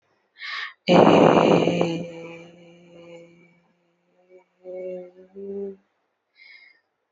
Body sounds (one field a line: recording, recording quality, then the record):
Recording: sustained vowel as in made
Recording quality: excellent, no background noise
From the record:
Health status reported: healthy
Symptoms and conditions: none ticked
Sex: female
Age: 30 years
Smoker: not ticked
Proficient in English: yes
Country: India